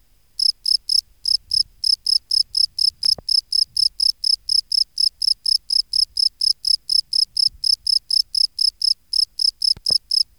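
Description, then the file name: Field cricket song, regular high chirps repeated steadily after a brief silent start, with faint low rustles and sharp clicks in the background. "Bio Acoustica Gryllus campestris"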